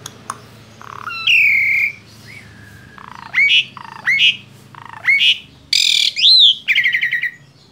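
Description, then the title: Asian pied starling song: a varied run of harsh squawks, rising whistles and buzzy notes, with short silent gaps between loud phrases. Masteran training recording made to teach song to caged birds. "Masteran Jalak Suren"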